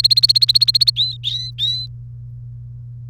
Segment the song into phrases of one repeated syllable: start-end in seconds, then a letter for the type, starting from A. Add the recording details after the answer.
0.00-0.90 A, 0.96-1.86 B. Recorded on 1 May 2018 at 16:16. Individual llb3